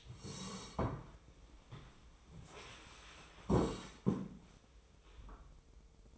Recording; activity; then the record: daily activity, microphone in the room; sit down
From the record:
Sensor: 1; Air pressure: 1005.3 hPa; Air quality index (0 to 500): 124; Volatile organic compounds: 5 ppm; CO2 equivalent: 1742 ppm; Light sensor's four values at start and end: 11/26/10/11 and 11/27/11/12